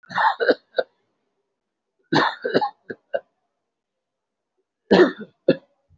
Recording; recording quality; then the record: shallow voluntary cough; excellent, no background noise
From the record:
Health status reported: respiratory illness, not identified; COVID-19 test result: negative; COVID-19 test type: RT-PCR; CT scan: taken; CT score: 0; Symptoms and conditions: cough, cold, breathing difficulty, sore throat, chronic lung disease, another respiratory illness, hypertension, diabetes, ischaemic heart disease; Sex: male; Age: 67 years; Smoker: no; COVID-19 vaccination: none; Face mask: worn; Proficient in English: no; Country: India